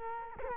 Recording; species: mosquito wingbeat signal from an infrared sensor; Culex quinquefasciatus